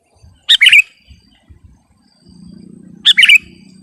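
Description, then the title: Sooty-headed bulbul song: two rich, quick multi-note phrases about two and a half seconds apart, with a low humming drone entering midway. "kutilang"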